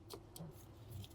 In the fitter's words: a satisfying click that's another end